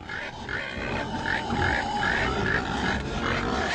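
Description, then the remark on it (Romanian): Pigs at the head of farm animals marching in military formation around a farm compound grunt steadily in a dense, continuous chorus, with a run of short, evenly spaced snorting bursts riding over a rough, low rumble of overlapping grunts. “La ora hotărâtă, animalele își părăseau lucrul și mărșăluiau în jurul incintei fermei în formație militarească, porci în frunte.”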